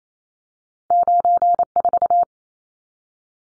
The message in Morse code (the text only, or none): 94